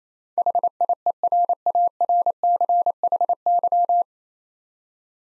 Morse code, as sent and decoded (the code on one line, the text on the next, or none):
.... .. . .-. .- .-. -.-. .... -.--
HIERARCHY